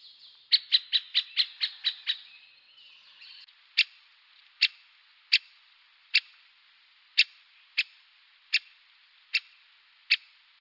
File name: pic epeiche cri